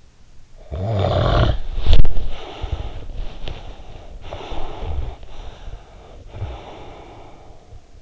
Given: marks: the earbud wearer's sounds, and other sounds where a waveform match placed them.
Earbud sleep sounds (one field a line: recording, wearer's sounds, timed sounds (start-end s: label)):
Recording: sounds in sleep by an in-ear microphone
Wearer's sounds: snoring breath, breath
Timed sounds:
0.35-3.15 s: snoring breath
3.15-8.02 s: breath